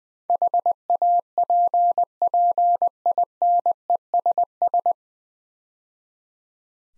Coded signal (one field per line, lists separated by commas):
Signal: Morse code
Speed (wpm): 20 wpm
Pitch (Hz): 700 Hz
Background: none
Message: HAPPINESS